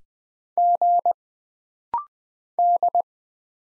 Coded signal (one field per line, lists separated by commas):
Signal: Morse code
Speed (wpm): 20 wpm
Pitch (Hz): 700 Hz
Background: none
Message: G D